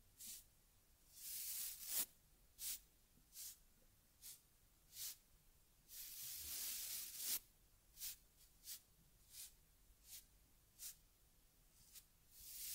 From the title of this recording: Taking Care of Teddy Head Massage, Facial Cleansing, Fur Combing and Ear Cleaning